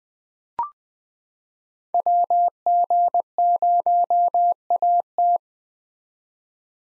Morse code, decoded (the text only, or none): WG0AT